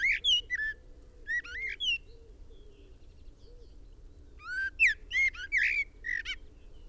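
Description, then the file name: Common blackbird uttering bursts of fluty, sliding notes at the start and after four seconds, with soft low hooting notes repeating faintly underneath in between. "Turdus merula"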